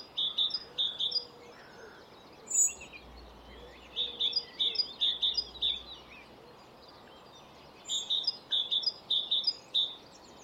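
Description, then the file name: Great tit delivering several bursts of high, clipped paired notes separated by brief pauses, with a faint low hum in the background. "Parus major"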